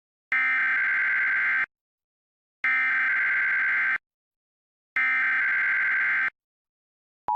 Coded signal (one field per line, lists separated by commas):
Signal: Emergency Alert System (SAME) tones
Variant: header bursts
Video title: [EAS #93] Required Monthly Test (WNBC)